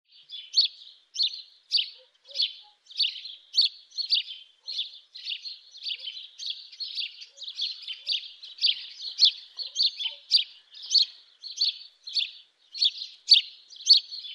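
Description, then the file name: House sparrow giving a long run of bright, scratchy chirps, about two per second, fairly even throughout with a quiet background. "Domovyj vorobej Passer domesticus"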